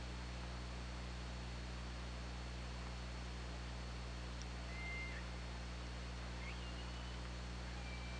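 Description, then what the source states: Killer whale calls, two or three brief tonal whistles, one flat then dipping, another rising sharply, heard over steady underwater noise and low humming. Recorded on the OrcaLab hydrophone, 24 August 2017 at 22:17.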